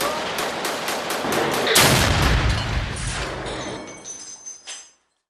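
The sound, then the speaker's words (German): A rapid string of sharp blasts from explosions and airplane bombing gives way to one massive, booming explosion whose deep rumble slowly fades, with a thin high whine lingering before the sound cuts off. No one speaks. “I suddenly woke up to the sounds of explosions and airplane bombings everywhere.”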